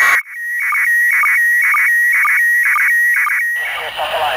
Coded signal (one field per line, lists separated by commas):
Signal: SSTV (slow-scan television)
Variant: PD 120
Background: speech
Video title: SSTV Transmissions from ORBICRAFT-ZORKIY May 7-13, 2023